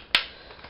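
A toy gun's cartridge loading door is closed over the inserted shell cartridge and latches with one sharp, bright snap at 0.1 s, seating it. The door is then shut. A second, shorter click follows at 0.8 s.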